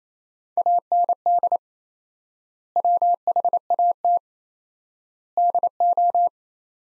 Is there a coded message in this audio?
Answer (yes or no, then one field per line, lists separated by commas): yes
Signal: Morse code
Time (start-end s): 0.6-6.3 s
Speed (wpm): 28 wpm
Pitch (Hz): 700 Hz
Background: none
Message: AND WHAT DO